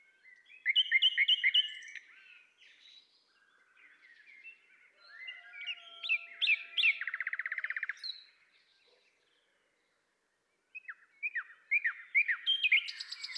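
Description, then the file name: Common nightingale song with repeated chirp series, a low drawn-out whistle, a fast buzzy rattle near seven seconds, a brief silence, then a further burst of notes. "Luscinia megarhynchos"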